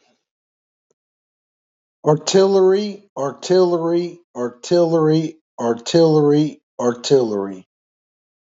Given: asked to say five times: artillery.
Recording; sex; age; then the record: repeated word; male; 40 to 49 years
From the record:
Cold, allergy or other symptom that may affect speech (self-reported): no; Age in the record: 40 years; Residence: Georgia, United States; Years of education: 18